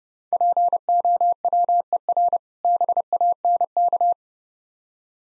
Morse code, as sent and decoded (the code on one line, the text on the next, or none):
.--. --- .-- . .-. / -... .- -. -.-
POWER BANK